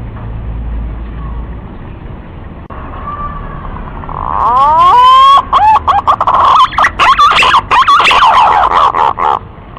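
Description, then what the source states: Green pigeon call: a faint steady whistle, then rising swooping notes that burst into loud rapid warbled whistling for the rest. Lure call used to attract green pigeons.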